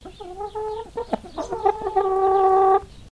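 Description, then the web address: Chicken clucking: a run of short nasal clucks and squawky notes, building into a long, steady drawn-out cluck near the end. Highliner Brown breed; long cluck. "Sound Effects-Foundation 1 BIRD CHICKEN HIGHLINER BROWN CLUCK LONG"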